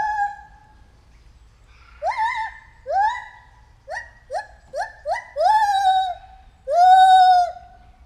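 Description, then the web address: White-handed gibbon calling: a few long rising hoots with bright overtones, then quickening short upward-swooping notes, ending in two long sustained hoots. At Debrecen Zoo in 2019, during our first encounter. "allathangok debrecenizoo 2019. feherkezu gibbon"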